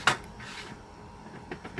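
The two push buttons on a pool filter's plastic collar are pressed and the collar on the filter housing is rotated counterclockwise to release it. A sharp click sounds at 0.1 s, followed by quieter ticks near 1.5, 1.7 and 1.8 s. The collar unlocks and comes off the housing.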